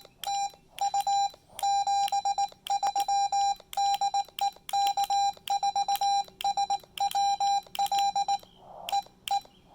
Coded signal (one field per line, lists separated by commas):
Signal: Morse code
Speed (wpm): 17 wpm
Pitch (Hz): 750 Hz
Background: none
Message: TU 73 DE K4SWL EE